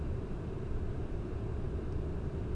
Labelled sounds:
none
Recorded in Germany
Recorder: ecoPi

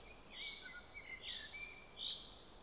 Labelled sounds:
Common Chaffinch
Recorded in Germany
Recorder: ecoPi

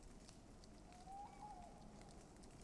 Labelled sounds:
Tawny Owl
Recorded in Germany
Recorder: ecoPi

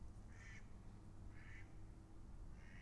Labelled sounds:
Mallard
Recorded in Germany
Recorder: ecoPi

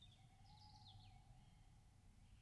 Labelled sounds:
Tawny Owl
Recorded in Germany
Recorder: ecoPi

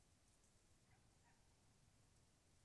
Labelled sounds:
Tawny Owl
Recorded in Germany
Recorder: ecoPi

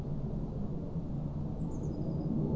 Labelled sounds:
Eurasian Blue Tit
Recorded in Germany
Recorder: ecoPi

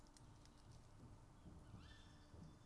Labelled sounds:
Tawny Owl
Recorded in Germany
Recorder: ecoPi

